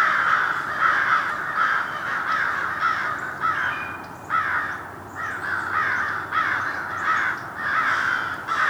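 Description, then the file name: Crows giving harsh repeated caws in a noisy group, bursts of several calls separated by short lulls, intensity rising and falling. A group of crows mobbing in Somerset, New Jersey, USA; dated 02-12-07. "Somerset NJ Crow Mob"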